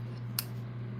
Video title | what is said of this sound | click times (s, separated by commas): How to Make a Key With a File (No Original Key, Live) - Locksmith Blueprint - Locks Made Simple | That yeah that snap. | 0.4 s